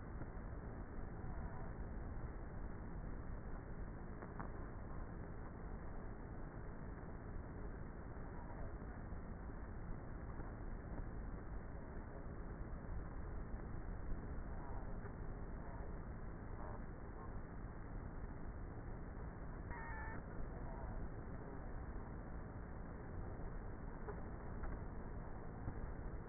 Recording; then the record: honeybee colony, microphone inside the hive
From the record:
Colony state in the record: queenless with a low population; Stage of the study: before two queens were removed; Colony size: about 30,000 bees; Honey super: no